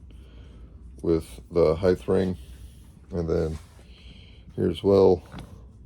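Someone talks while handling the lever on a Scalarworks Leap 2.0 metal optic mount near its height ring, with bursts of speech over a quiet background. The lever is meant to be pushed down until it clicks into its detent, but nothing has seated or clicked yet.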